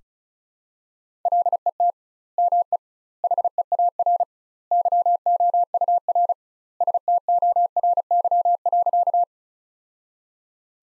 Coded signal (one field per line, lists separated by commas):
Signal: Morse code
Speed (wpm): 36 wpm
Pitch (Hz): 700 Hz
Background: none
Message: LET ME HEAR YOUR STORY.